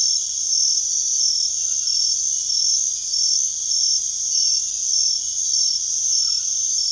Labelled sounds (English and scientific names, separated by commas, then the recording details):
none
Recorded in secondary vegetation near Puerto Asís, Putumayo, Colombia, on 20 February 2024 at 02:00
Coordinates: 0.500, -76.326
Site G6428